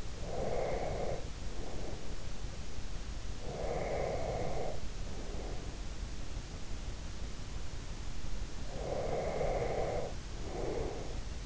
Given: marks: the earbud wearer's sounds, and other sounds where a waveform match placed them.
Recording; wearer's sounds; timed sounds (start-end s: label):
sounds in sleep by an in-ear microphone; breath
0.00-2.40 s: breath
3.44-5.96 s: breath
8.59-11.46 s: breath